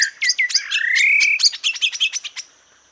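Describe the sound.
Bird song: quick twittering notes, then a long rising whistle, followed by a rapid burst of sharp chips that ends in a thin sustained tone.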